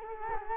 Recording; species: mosquito wingbeat signal from an infrared sensor; Culex quinquefasciatus